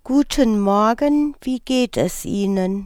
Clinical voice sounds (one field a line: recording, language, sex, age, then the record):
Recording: spoken sentence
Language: German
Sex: female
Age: 40 to 49 years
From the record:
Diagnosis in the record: recurrent laryngeal nerve paralysis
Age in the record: 40 years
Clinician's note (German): Idiopathische mit sehr breiter glottischer Insuffizienz